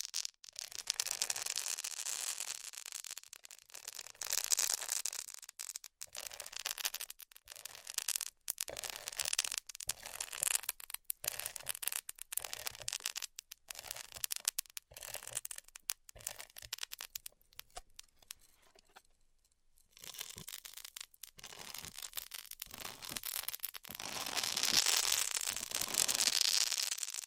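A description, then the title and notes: Styrofoam is cut with a hot wire, giving a bright, hissing crackle that runs in uneven bursts with frequent short breaks. The sound thins out and goes nearly silent around 19 to 20 seconds, then returns stronger and denser toward the end. ASMR Styrofoam Heat Cutting (No Talking).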